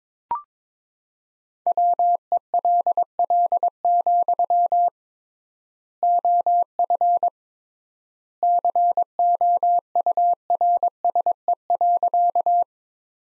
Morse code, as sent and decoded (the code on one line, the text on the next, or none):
.-- . .-.. .-.. --..-- / --- ..-. / -.-. --- ..- .-. ... . .-.-.-
WELL, OF COURSE.